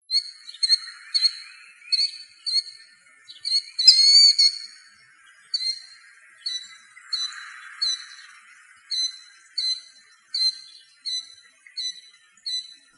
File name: killdeer